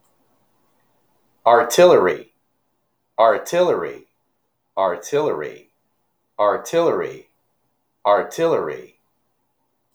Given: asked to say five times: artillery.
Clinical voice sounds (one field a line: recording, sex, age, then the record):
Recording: repeated word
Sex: male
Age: 50 to 59 years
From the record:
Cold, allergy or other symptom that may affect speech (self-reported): no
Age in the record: 56 years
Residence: North Carolina, United States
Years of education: 16